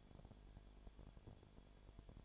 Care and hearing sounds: daily activity, microphone in the room; no activity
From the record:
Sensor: 5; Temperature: 20.0 degrees Celsius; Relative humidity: 37.0%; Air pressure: 1007.4 hPa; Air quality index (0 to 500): 84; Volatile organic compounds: 1 ppm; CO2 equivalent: 965 ppm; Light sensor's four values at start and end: 2/3/1/1 and 2/3/1/1

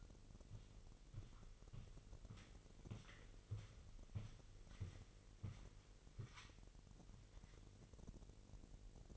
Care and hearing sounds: daily activity, microphone in the room; walk to room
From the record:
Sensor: 4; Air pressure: 1002.9 hPa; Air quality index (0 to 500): 249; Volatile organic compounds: 10 ppm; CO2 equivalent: 2229 ppm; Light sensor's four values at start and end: 12/28/11/11 and 11/25/10/10

